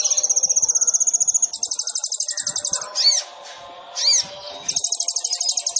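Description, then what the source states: Sunbird trilling continuously in fast, very high buzzy runs, interrupted by two swooping, sweeping notes before the rapid trill resumes. Training song (masteran) of a lively (gacor) singer, full of filler phrases (isian) and shot-like bursts (tembakan), suited as pancingan to prompt other birds to sing.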